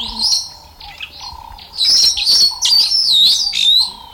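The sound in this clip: Meyer's parrot calling with shrill, scratchy squeals and wavering high notes, a quieter opening followed by loud repeated bursts in quick succession.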